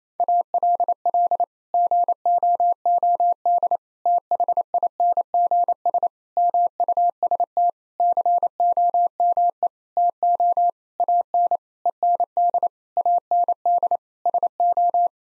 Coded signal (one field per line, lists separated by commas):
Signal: Morse code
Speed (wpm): 28 wpm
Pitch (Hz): 700 Hz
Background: none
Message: ALL GOOD THINGS MUST COME TO AN END AND SO